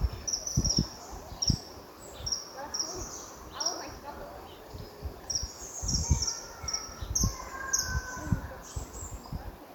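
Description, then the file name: Common kingfisher calls: high, thin, shrill whistles given in short repeated series, over low thumping background noise. "jegmadar hangja"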